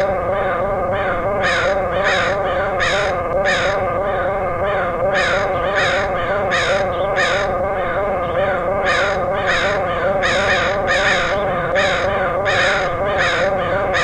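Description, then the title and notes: Crows cawing in harsh repeated calls over a steady, wavering droning hum that runs throughout. Portland, Oregon, USA, August 2003. "Crows recorded by Dan Bodah in Portland, OR, August 2003."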